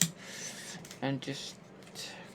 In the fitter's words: clicks into place